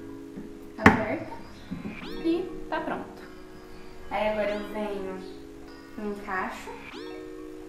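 The washed lower spray arm of a Brastemp 8-place-setting dishwasher is fitted back onto its hub and pressed down, with a sharp hit at 0.9 s as it seats. Someone talks, and music plays in the background.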